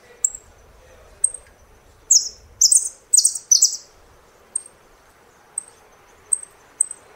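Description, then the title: Saffron finch song: thin high chips, then a run of several loud, buzzy chirped notes, followed again by sparse single high chips. "Jilguero Argentino"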